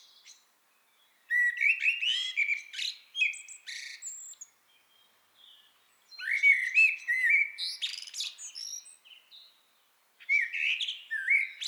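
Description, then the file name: Common blackbird song in three bursts of rich fluting notes mixed with sharp high squeaks, quiet pauses between them. "Turdus merula"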